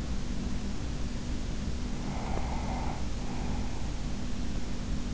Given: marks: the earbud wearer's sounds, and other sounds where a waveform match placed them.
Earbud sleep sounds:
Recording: sounds in sleep by an in-ear microphone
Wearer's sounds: breath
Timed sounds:
1.09-4.07 s: breath

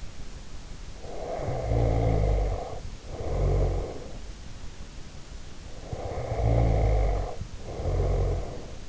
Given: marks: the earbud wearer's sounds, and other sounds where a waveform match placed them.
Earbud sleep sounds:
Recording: sounds in sleep by an in-ear microphone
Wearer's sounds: snoring breath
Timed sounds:
0.90-4.34 s: snoring breath
5.72-8.89 s: snoring breath

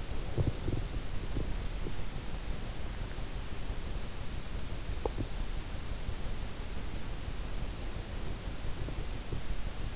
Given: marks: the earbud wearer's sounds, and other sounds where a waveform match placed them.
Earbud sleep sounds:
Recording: sounds in sleep by an in-ear microphone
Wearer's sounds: body movement, teeth grinding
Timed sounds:
0.00-2.40 s: body movement
4.74-5.75 s: teeth grinding

